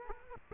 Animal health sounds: mosquito wingbeat signal from an infrared sensor; Aedes aegypti

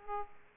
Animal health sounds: mosquito wingbeat signal from an infrared sensor; Aedes aegypti

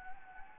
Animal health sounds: mosquito wingbeat signal from an infrared sensor; Anopheles gambiae

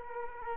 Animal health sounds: mosquito wingbeat signal from an infrared sensor; Culex quinquefasciatus

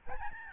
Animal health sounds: mosquito wingbeat signal from an infrared sensor; Aedes albopictus

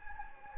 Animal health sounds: mosquito wingbeat signal from an infrared sensor; Anopheles gambiae

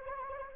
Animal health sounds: mosquito wingbeat signal from an infrared sensor; Anopheles arabiensis

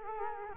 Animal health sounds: mosquito wingbeat signal from an infrared sensor; Culex quinquefasciatus

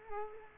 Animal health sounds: mosquito wingbeat signal from an infrared sensor; Culex quinquefasciatus

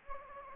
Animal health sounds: mosquito wingbeat signal from an infrared sensor; Anopheles gambiae

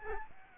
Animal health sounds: mosquito wingbeat signal from an infrared sensor; Aedes albopictus

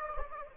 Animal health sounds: mosquito wingbeat signal from an infrared sensor; Aedes aegypti

